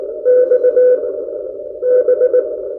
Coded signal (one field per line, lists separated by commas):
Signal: Morse code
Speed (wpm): 20 wpm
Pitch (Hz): 500 Hz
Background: none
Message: X B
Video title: Reviewing a New Ham Radio Accessory For All Hams